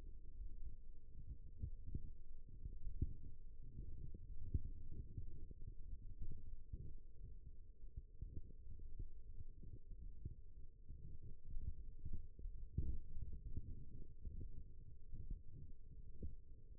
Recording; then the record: forearm muscle sounds (acoustic myography)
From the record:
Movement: thumb flexion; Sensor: system 1, eight BSWA MPA416 microphones around the upper forearm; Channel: 3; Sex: female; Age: 20 years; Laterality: right